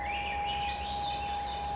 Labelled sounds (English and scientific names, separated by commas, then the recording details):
Black-headed Grosbeak (Pheucticus melanocephalus)
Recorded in Sonoma County, California